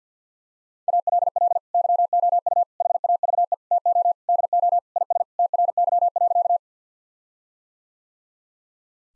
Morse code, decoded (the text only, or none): ALL YOU HAVE TO DO IS TRY.